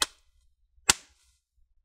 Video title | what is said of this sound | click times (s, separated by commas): Lenovo Ideapad 320 Repaste Service step by step | and you're going to hear some clicking | 0.0 s, 0.9 s